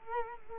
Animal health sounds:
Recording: mosquito wingbeat signal from an infrared sensor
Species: Culex quinquefasciatus

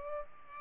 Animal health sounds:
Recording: mosquito wingbeat signal from an infrared sensor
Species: Culex pipiens

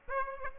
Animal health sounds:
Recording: mosquito wingbeat signal from an infrared sensor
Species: Aedes aegypti

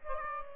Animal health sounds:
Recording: mosquito wingbeat signal from an infrared sensor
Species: Aedes aegypti

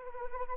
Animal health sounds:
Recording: mosquito wingbeat signal from an infrared sensor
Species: Anopheles arabiensis

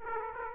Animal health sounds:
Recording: mosquito wingbeat signal from an infrared sensor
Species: Aedes aegypti

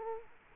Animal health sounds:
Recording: mosquito wingbeat signal from an infrared sensor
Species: Culex quinquefasciatus

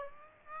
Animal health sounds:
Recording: mosquito wingbeat signal from an infrared sensor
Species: Aedes aegypti

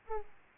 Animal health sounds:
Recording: mosquito wingbeat signal from an infrared sensor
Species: Aedes aegypti

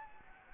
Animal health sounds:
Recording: mosquito wingbeat signal from an infrared sensor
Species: Anopheles gambiae

